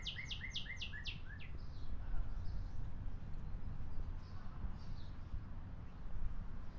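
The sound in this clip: Northern Cardinal giving a quick series of several sharp descending chip-like notes at the start, then fainter scattered notes over steady low background noise.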